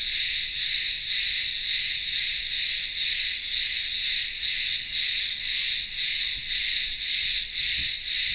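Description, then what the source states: Shrill cicada chorus, an unbroken buzzy drone pulsing evenly around twice per second, with faint low background sounds. Cicadas in a town square of a remote Greek village on Ikaria island, Greece, in midday heat.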